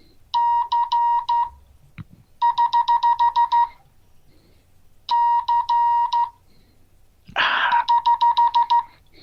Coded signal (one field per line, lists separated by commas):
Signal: Morse code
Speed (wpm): 12 wpm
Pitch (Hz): 950 Hz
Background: none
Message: C<HH> C <HH>